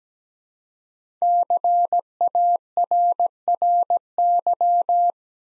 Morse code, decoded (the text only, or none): CARRY